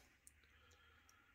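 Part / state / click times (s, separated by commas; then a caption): crimped wire terminal into plastic connector housing / not seated / none. A crimped metal wire terminal is lined up and pushed against a plastic connector housing, making only faint, small ticks over a low steady hum, with a louder tick at the very end. The terminal does not go in, and nothing has seated or clicked yet.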